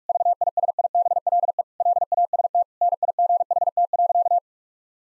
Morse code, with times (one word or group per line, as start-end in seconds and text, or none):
0.1-1.6 VISIBLE
1.8-2.6 LAST
2.8-4.4 NIGHT.